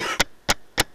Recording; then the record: coughing mixed with background sound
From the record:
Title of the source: 55 gaggy wet cough